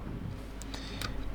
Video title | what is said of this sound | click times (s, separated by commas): NIKON Z30 – How to Format SD Card | Insert it until it clicks, like so. | 1.0 s